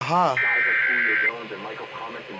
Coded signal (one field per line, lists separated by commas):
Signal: Emergency Alert System (SAME) tones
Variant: header bursts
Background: speech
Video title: Tests and New Stations| EAS Tests from 11/3-11/4 2020 (EAS #93-98)